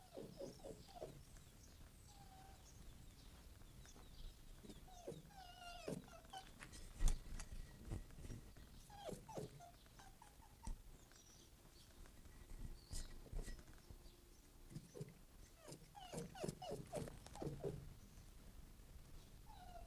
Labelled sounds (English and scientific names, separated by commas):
Red Fox (Vulpes vulpes)